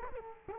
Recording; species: mosquito wingbeat signal from an infrared sensor; Culex quinquefasciatus